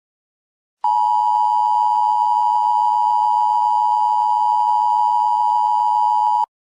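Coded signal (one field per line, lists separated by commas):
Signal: Emergency Alert System (SAME) tones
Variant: 853 and 960 Hz attention tone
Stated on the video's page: Fictional EAS scenario based on a game.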